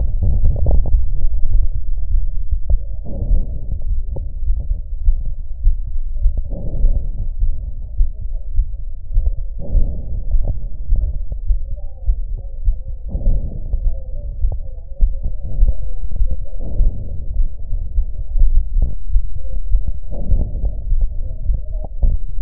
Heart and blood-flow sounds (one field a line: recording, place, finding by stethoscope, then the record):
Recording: heart sounds by stethoscope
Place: aortic valve (AV)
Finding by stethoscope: normal heart sounds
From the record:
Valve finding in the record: sclerotic aortic valve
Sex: male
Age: 75 years